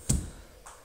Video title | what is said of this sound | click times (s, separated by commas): 2023 Toyota 4Runner wiper blade change | just snap that piece down it locks it in place and gently fold it back down on the windshield | 0.1 s